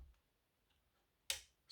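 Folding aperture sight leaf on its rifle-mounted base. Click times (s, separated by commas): 1.3 s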